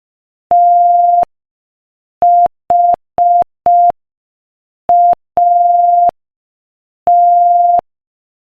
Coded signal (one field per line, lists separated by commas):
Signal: Morse code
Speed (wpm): 5 wpm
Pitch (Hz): 700 Hz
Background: none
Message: THAT